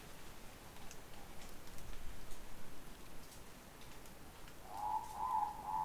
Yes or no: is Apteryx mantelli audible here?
no